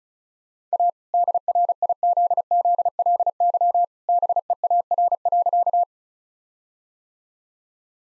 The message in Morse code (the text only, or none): A DRIZZLY BEAR.